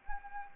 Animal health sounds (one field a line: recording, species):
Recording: mosquito wingbeat signal from an infrared sensor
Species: Anopheles arabiensis